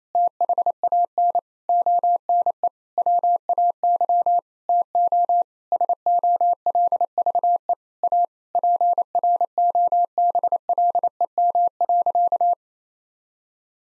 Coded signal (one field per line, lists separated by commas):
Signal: Morse code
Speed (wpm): 28 wpm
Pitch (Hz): 700 Hz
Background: none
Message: THAN ONE WAY TO SOLVE A PROBLEM.